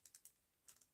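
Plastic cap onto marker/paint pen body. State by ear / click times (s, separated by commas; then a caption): not seated / none. A plastic cap is handled against the body of a plastic marker or paint pen while markers are being tested. Five short, bright ticks come at about 0.1, 0.2, 0.3, 0.7 and 0.8 s against near silence. The cap has not seated or clicked into place yet.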